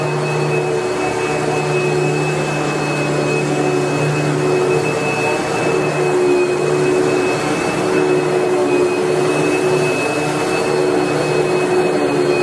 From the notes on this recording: White noise of a vacuum cleaner